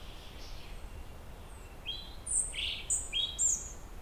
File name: Erithacus rubecula